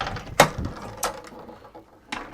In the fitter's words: and it will lock into place there